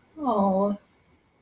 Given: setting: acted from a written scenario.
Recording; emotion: vocal sound without words; sympathy